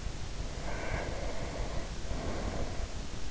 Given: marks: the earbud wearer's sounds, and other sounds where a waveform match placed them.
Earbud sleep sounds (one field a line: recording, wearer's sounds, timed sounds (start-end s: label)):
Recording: sounds in sleep by an in-ear microphone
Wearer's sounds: breath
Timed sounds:
0.25-3.05 s: breath